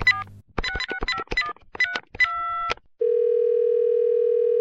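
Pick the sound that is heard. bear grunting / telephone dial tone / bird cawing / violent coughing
telephone dial tone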